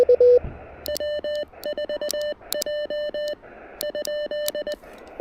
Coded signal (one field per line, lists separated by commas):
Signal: Morse code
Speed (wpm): 19 wpm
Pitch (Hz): 3000 Hz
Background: none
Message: W4J ?